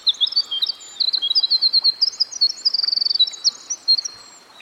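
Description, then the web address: Winter wren singing a long, fast jumble of high tinkling notes with a quick trill in the middle, over a steady soft rushing background. Recorded by a stream. "Dan Gibson Songbirds By The Stream. Winter Wren"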